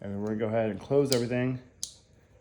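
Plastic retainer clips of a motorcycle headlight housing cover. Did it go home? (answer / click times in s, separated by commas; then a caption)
yes / 1.8 s. Someone talks while the housing cover of a MotoCult 7" motorcycle headlight is closed over the rewired connector and pressed down. A sharp plastic snap comes at 1.8 s as the three small plastic retainer clips of the headlight bucket snap closed and seat in place.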